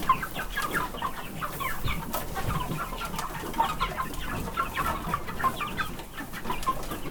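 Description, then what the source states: Chicken chicks peeping: many overlapping short peeps from several birds throughout, with scattered knocks and rustling in the background. Chicks of the Hungarian hen breed in a farmyard, recorded while being shut in and let out.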